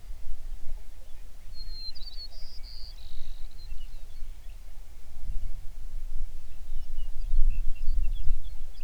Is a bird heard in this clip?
yes